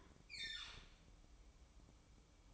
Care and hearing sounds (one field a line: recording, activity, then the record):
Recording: daily activity, microphone in the room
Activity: open fridge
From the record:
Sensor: 1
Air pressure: 1007.9 hPa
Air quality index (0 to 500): 104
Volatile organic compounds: 1 ppm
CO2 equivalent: 881 ppm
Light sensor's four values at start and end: 12/28/11/13 and 11/28/11/13